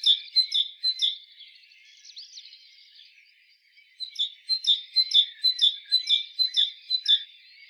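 Great tit calls: a run of sharp, high chirping notes, a quieter stretch in the middle, then another run of notes.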